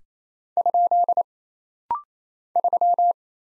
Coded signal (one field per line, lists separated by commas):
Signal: Morse code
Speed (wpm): 27 wpm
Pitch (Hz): 700 Hz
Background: none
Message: ? 3